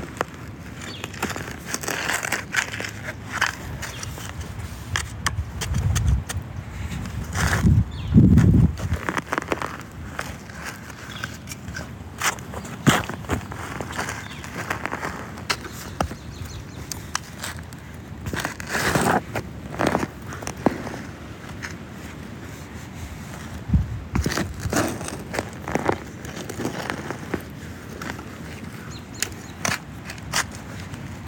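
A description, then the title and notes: Shoveling soil in a garden, with repeated gritty scrapes and crunches of the blade biting into earth throughout. The strokes come in irregular bursts, several per second at times, with a heavier, lower thump-and-drag around eight seconds and a faint steady hiss underneath. Sounds of Shoveling Soil in the Garden and Birds Chirping Around.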